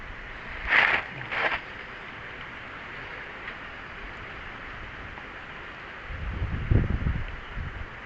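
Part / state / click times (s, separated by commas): click-type torque wrench under a hanging test weight / not seated / none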